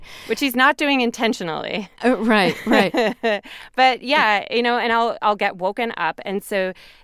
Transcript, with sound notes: which he's not doing intentionally.
Right. Right.
(Laughter) But, yeah, you know, and I'll get woken up.